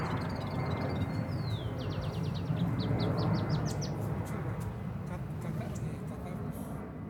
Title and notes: Clarinero - Anisognathus igniventris- esta ave fue grabada en el cerro La Conejera, Bogotá